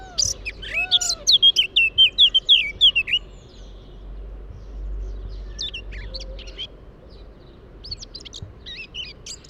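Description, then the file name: Eurasian blackcap giving a rapid rich warble with clear whistled notes, then quieter scattered song fragments; low hum of background noise. "Sylvia atricapilla"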